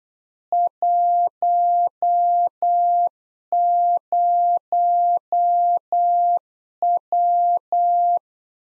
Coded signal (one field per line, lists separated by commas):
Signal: Morse code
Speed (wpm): 8 wpm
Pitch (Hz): 700 Hz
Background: none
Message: 10W